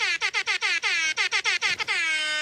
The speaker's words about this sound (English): What's a party prank, you ask? It's when you get behind your friends and scare them with that party air horn sound.